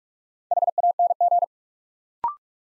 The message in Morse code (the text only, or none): HANG